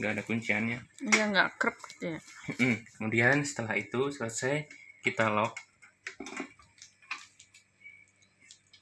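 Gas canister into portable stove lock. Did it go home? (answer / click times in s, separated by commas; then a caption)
no / none. A gas canister is being handled at the lock of a portable gas stove, and the lock lever is about to engage. Someone talks for most of the clip, and then a few short knocks and handling sounds come near 6.8 s and again near 8.5 and 8.9 s. The clip ends before the canister goes home, so nothing has seated or clicked yet.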